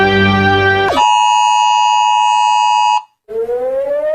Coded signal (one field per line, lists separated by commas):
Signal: Emergency Alert System (SAME) tones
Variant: 853 and 960 Hz attention tone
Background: music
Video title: all EAS Alarms flags